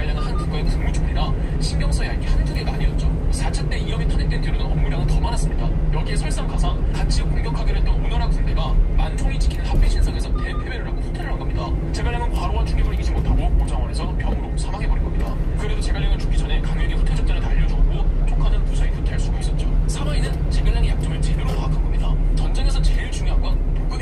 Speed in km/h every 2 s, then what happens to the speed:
40, 41, 41, 41, 39, 36, 34, 33, 35, 37, 37, 34.
0-6 steady at about 41. 6-13 slows to 33. 13-24 steady at about 35.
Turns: none.